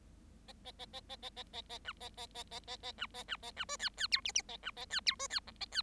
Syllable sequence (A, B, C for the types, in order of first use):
A A A A A A A A A B A A A A A A B A B A B C D D E F F A B A D E C D G A D